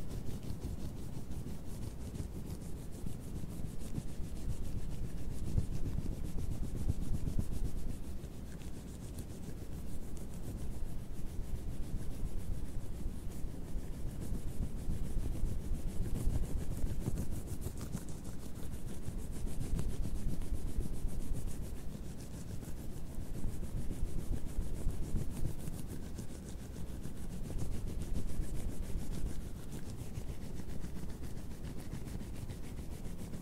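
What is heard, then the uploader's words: Latex gloves rub and squeak under continuous hand movements, a dense low scuffing that swells and eases in waves every few seconds. ASMR LATEX GLOVES SOUNDS AND HAND MOVEMENTS - NO TALKING - GLOVES SCRATCHING, RUBBER GLOVE.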